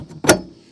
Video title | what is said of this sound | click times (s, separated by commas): etrailer - Installing the Stealth Hitches Hidden Rack Receiver on a 2019 Audi Q3 | and push it up till it clicks. And then it does lock. | 0.3 s